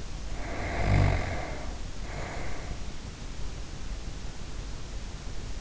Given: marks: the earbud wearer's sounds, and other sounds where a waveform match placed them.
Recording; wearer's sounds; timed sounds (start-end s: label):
sounds in sleep by an in-ear microphone; snoring breath
0.27-3.07 s: snoring breath